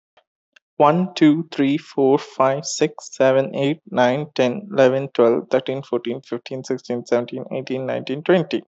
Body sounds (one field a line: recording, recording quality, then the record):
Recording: counting at a fast pace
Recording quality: excellent, no background noise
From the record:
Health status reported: respiratory illness, not identified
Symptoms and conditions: asthma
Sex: male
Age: 24 years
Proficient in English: yes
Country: India